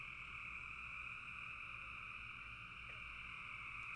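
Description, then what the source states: Frog chorus of many overlapping calls blending into a steady buzzing trill. Frogs calling in a bog.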